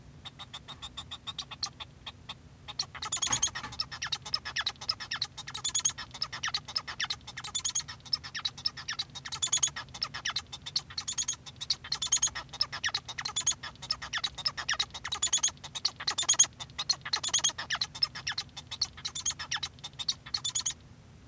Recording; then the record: song of a male Bengalese finch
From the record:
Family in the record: son of father 1